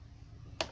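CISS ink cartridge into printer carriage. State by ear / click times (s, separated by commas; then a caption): seated / 0.6 s. A finger presses the last plastic Epson CISS ink cartridge down into the printer carriage, the fourth one to go in, over a quiet low hum. It snaps home with one sharp click at 0.6 s, and the cartridge is seated so the printer will recognize it.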